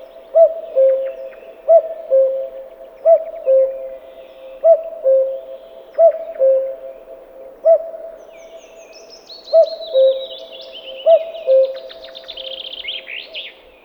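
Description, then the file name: Common cuckoo calling its two-note cuck-oo, falling, repeated about every one and a half seconds, with a high twittering songbird joining near the end. "Kukavica"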